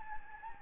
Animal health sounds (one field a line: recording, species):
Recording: mosquito wingbeat signal from an infrared sensor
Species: Anopheles gambiae